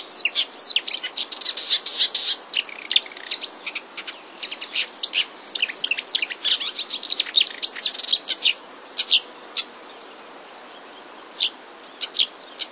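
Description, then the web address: Marsh warbler delivering dense, chattering song of high chirps and sparrow-like notes that thins out into spaced single calls near the end. Marsh warbler song containing borrowed sparrow-like calls (mimicry). "wroblowe zapozyczenia lozowka"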